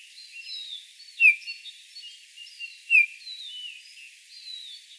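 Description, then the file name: Eurasian bullfinch, two soft descending whistles nearly two seconds apart, set against steady twittering from other birds. "Pyrrhula pyrrhula"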